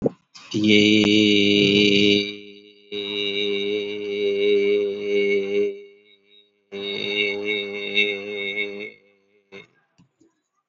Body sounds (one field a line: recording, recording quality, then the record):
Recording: sustained vowel as in made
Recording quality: excellent, no background noise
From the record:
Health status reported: COVID-19 positive, no symptoms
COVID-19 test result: positive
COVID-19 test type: RT-PCR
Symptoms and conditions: cough, breathing difficulty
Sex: male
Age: 52 years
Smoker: yes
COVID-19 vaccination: one dose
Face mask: worn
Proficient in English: yes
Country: India